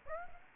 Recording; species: mosquito wingbeat signal from an infrared sensor; Aedes aegypti